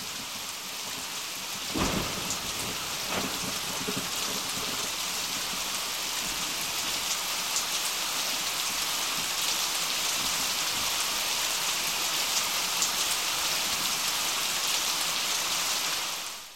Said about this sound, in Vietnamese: Mưa rơi bắt đầu từ giờ Thìn và đến khoảng trước sau giờ Ngọ thì tạnh. Khắp trong ngoài thành Sa Trì, phố xá nước tràn lênh láng.